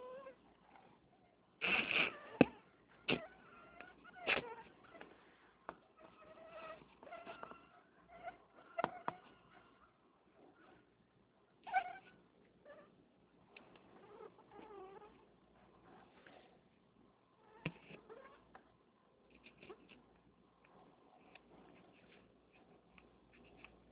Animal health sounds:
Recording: mosquito flight sound by mobile phone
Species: Anopheles freeborni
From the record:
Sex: mixed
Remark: in a cage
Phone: Nokia 6555B

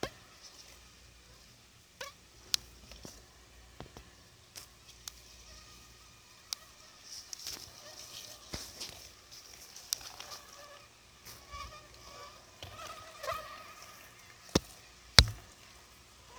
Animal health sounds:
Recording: mosquito flight sound by mobile phone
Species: Anopheles gambiae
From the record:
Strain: Akron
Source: CDC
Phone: Sony Xperia

